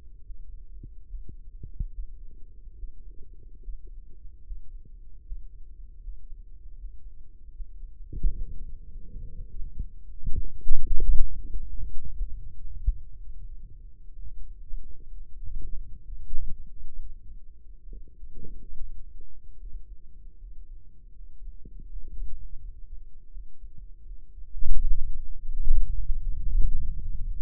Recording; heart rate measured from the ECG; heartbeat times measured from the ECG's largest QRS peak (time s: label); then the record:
heart sounds by microphone in the right ear; 74 bpm
0.20 s: heartbeat
1.04 s: heartbeat
1.88 s: heartbeat
2.73 s: heartbeat
3.58 s: heartbeat
4.40 s: heartbeat
5.20 s: heartbeat
5.98 s: heartbeat
6.73 s: heartbeat
7.50 s: heartbeat
8.27 s: heartbeat
9.03 s: heartbeat
9.75 s: heartbeat
10.49 s: heartbeat
11.31 s: heartbeat
12.17 s: heartbeat
13.16 s: heartbeat
14.13 s: heartbeat
15.07 s: heartbeat
16.03 s: heartbeat
16.95 s: heartbeat
17.86 s: heartbeat
18.72 s: heartbeat
19.56 s: heartbeat
20.37 s: heartbeat
21.13 s: heartbeat
21.87 s: heartbeat
22.58 s: heartbeat
23.29 s: heartbeat
24.03 s: heartbeat
24.76 s: heartbeat
25.48 s: heartbeat
26.20 s: heartbeat
26.91 s: heartbeat
From the record:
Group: healthy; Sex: male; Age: 35 years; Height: 178 cm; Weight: 64 kg